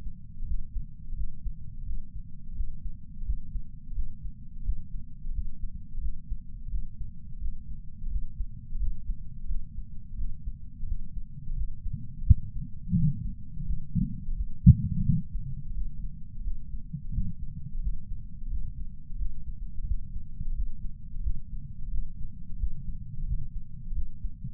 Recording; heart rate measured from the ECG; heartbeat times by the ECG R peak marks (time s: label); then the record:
heart sounds by patch sensor on the chest; 87 bpm
0.44 s: heartbeat
1.14 s: heartbeat
1.84 s: heartbeat
2.54 s: heartbeat
3.23 s: heartbeat
3.93 s: heartbeat
4.62 s: heartbeat
5.31 s: heartbeat
5.99 s: heartbeat
6.68 s: heartbeat
7.39 s: heartbeat
8.08 s: heartbeat
8.77 s: heartbeat
9.46 s: heartbeat
10.15 s: heartbeat
10.85 s: heartbeat
11.54 s: heartbeat
12.24 s: heartbeat
12.93 s: heartbeat
13.63 s: heartbeat
14.33 s: heartbeat
15.03 s: heartbeat
15.72 s: heartbeat
16.42 s: heartbeat
17.11 s: heartbeat
17.79 s: heartbeat
18.48 s: heartbeat
19.16 s: heartbeat
19.84 s: heartbeat
20.52 s: heartbeat
21.21 s: heartbeat
21.89 s: heartbeat
22.57 s: heartbeat
23.24 s: heartbeat
23.93 s: heartbeat
From the record:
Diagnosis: coronary artery disease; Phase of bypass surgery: postoperative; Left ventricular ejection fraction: 48.9%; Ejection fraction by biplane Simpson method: 50.6%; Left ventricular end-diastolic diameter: 48 mm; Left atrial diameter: 31 mm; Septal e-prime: 7.6 cm/s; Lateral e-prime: 9.6 cm/s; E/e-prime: 6.6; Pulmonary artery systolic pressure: 23 mmHg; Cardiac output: 5.5 L/min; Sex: male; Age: 60 years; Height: 174 cm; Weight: 72 kg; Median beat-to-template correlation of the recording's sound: 0.83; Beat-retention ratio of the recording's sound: 0.99